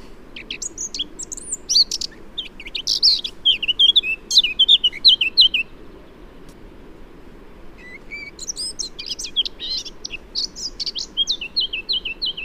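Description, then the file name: Eurasian blackcap song: two bursts of varied, scratchy warbling notes with fast chirps and sweeps, separated by a pause of about two seconds. "Sylvia atricapilla"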